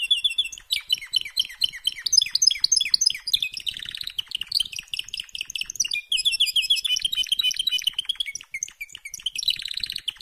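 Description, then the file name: Canary singing a long, unbroken stream of rapid chirped trills and rolling buzzy phrases, changing tempo every few seconds. "Canary Voice"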